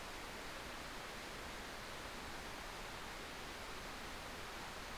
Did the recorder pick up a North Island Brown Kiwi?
no